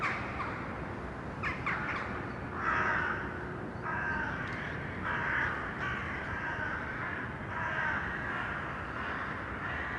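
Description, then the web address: Crow caws, scratchy clicks at first, then a string of drawn-out harsh calls spread throughout with steady noise behind. Urban crows; sound processed by detuning. "sonniss-gdc-audio detunized-urban-crows"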